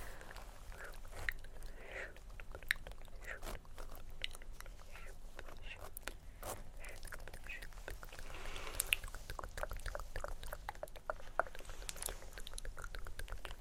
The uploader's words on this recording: ASMR Extremely Tingly Layered Sounds For Sleep (Scratching, Tktk, Mouth Sounds, Tapping).